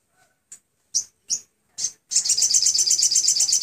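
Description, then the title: Sunbird song: a few sharp, high separate chips, then a fast, dense, shrill trill that runs on steadily to the end. Master training recording for caged sunbirds; song described as clear. "MASTERAN UTK SOGOK ONTONG SRIGANTI ANDA # Dengan Terapi Air Suara Jernih"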